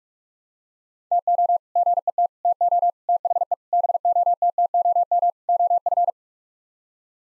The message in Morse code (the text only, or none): TO GET TO THE BOTTOM OF